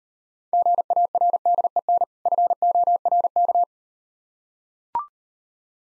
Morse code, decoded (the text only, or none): GARDEN FORK